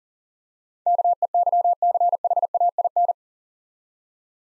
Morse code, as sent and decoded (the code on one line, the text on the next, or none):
-.- . -.-- -.-. .... .- .. -.
KEYCHAIN